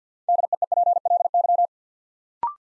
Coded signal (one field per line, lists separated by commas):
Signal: Morse code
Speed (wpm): 50 wpm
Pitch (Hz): 700 Hz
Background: none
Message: DEEPLY